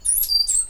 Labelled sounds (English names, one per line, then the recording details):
Stitchbird song
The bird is a male
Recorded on Tiritiri Matangi Island, New Zealand, in 2005
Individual 8, of nest box 10